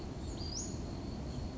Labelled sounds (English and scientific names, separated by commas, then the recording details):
Western Flycatcher (Empidonax difficilis)
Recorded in Sonoma County, California